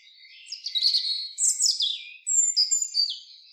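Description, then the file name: European robin song: a rapid, high-pitched phrase of tumbling twittery notes, followed by clear, thin whistles that slide downward, with no other sounds. "Erithacus rubecula"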